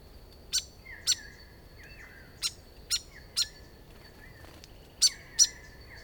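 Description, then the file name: Grey fantail giving sharp, clicking chip notes, about seven spaced irregularly over six seconds, over a steady high whine and faint drawn-out lower tones. "Rhipidura Albiscapa"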